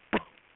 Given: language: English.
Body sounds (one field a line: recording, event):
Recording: throat vibration sensor signal played as sound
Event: cough